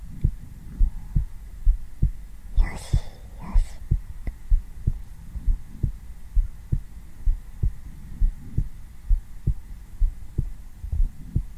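Steady low heartbeat thumps at about 66 a minute from an adult heart on bare skin, picked up by a black 3Dio binaural microphone, with brief rustling near the start; a normal, calming resting rhythm for ASMR and deep sleep.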